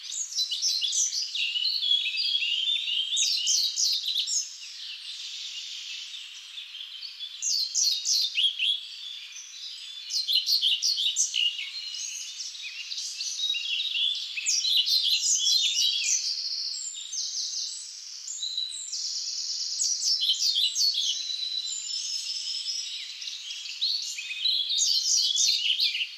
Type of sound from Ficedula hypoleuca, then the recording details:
song. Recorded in the wild. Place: Waltershofen / Freiburg im Breisgau, Baden-Württemberg, DE. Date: 2007-05-04. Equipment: MiniDisc Sharp MT 20 H. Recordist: Schwarz, Dieter